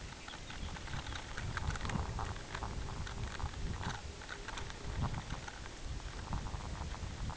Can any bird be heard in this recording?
yes